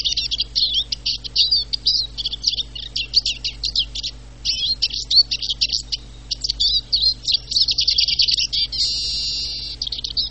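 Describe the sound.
Eurasian siskin singing a rapid, scratchy twitter of high notes and trills, ending in a drawn-out wheezy note, with a steady low hum underneath.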